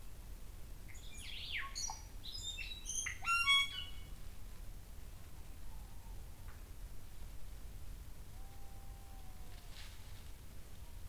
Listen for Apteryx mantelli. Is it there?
no